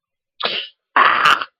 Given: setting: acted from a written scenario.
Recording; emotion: vocal sound without words; pain